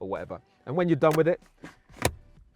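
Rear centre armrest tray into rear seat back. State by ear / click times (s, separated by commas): seated / 2.1 s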